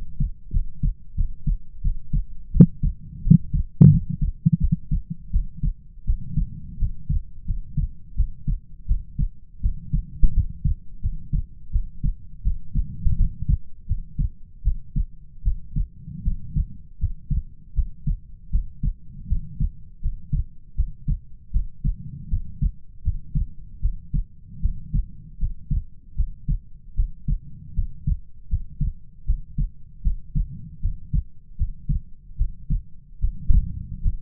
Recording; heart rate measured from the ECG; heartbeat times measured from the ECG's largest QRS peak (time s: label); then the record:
heart sounds by stethoscope; 81 bpm
0.51 s: heartbeat
1.15 s: heartbeat
1.82 s: heartbeat
2.51 s: heartbeat
3.22 s: heartbeat
3.90 s: heartbeat
4.59 s: heartbeat
5.30 s: heartbeat
6.04 s: heartbeat
6.77 s: heartbeat
7.45 s: heartbeat
8.15 s: heartbeat
8.86 s: heartbeat
9.60 s: heartbeat
10.32 s: heartbeat
11.00 s: heartbeat
11.70 s: heartbeat
12.42 s: heartbeat
13.16 s: heartbeat
13.86 s: heartbeat
14.62 s: heartbeat
15.42 s: heartbeat
16.23 s: heartbeat
16.98 s: heartbeat
17.74 s: heartbeat
18.50 s: heartbeat
19.27 s: heartbeat
20.00 s: heartbeat
20.75 s: heartbeat
21.51 s: heartbeat
22.28 s: heartbeat
23.02 s: heartbeat
23.80 s: heartbeat
24.60 s: heartbeat
25.38 s: heartbeat
26.15 s: heartbeat
26.94 s: heartbeat
27.74 s: heartbeat
28.48 s: heartbeat
29.25 s: heartbeat
30.02 s: heartbeat
30.80 s: heartbeat
31.56 s: heartbeat
32.36 s: heartbeat
33.19 s: heartbeat
34.01 s: heartbeat
From the record:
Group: healthy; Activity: rest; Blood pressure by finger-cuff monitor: 92/53 mmHg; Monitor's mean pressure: 67 mmHg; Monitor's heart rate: 79 bpm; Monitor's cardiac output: 7.5 L/min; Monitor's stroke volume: 92 mL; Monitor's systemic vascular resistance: 630 dyn s/cm5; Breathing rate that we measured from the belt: 20 breaths a minute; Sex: female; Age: 19 years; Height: 163 cm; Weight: 48.9 kg